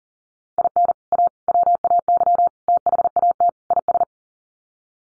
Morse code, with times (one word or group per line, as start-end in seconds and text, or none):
0.6-0.9 IN
1.1-1.3 A
1.5-2.5 WAY
2.7-3.5 THAT
3.7-4.0 IS